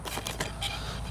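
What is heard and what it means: The second main landing gear leg of an E-flite P-51D 1M RC plane slides into its mount in the foam wing, with soft scraping and two small clicks at 0.3 s and 0.4 s. The leg seats, and both gear legs are now in.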